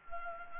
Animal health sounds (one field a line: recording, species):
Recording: mosquito wingbeat signal from an infrared sensor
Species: Anopheles gambiae